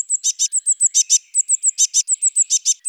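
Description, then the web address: Eurasian blue tit giving thin high notes alternating with pairs of fuller, buzzy notes, repeated rapidly and steadily throughout. "Parus caeruleus"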